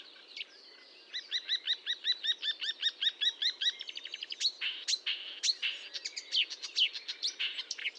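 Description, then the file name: Marsh warbler song opening with a fast regular series of repeated notes, then breaking into a hurried, varied run of sharp chirps, ticks and buzzy phrases. Recorded at Fontaine-Française (Fourneau), 1 June 2022 at 10:55, with a Nagra recorder and Telinga microphone. "Rousserolle verderolle 20220601 1055 Fontaine-Francaise-Fourneau-Nagra-Telinga"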